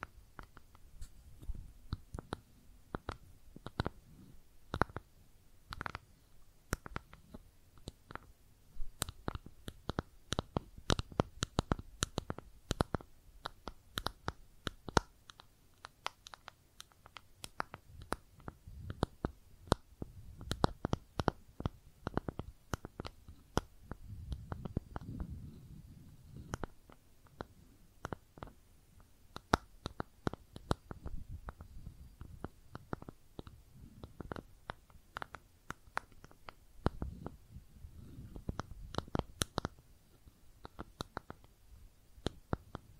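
Dry tapping and scratching on makeup cases, a dense run of sharp clicks and scrapes with no steady rhythm. The taps come in quick flurries throughout, with a few heavier, low rubbing passages around the middle and near the end.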